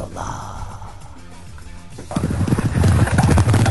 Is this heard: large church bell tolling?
no